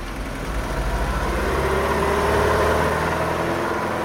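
The engine of a fast small car runs steadily as two men set off in it, a continuous low throbbing drone with a rough mid-range rumble that holds at an even, fairly loud level for about four seconds, with no voices.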